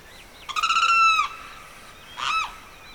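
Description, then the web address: Bird calls: a strong, stuttering note that settles into a steady tone, then a shorter rough note, with a few faint thin whistles. Evening birdsong in the Pantanal swamp, rural South America. "The BBC Sound Effects Library - Complete 60 CDs Collection Sound Effects Library- (Rural South America) Evening Birdsong, Pantanal Swamp"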